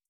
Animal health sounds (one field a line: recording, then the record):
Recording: hydrophone in a shrimp aquaculture tank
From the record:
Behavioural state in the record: starved